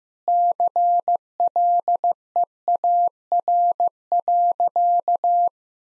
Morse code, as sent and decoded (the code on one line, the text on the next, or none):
-.-. .-.. . .- .-. .-.-.-
CLEAR.